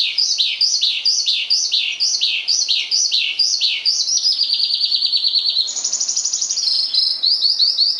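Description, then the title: Javan bush lark song: a regular series of falling chirps, then a buzzy high trill, a higher trill, and a short series of notes near the end. "Suara Burung Branjangan"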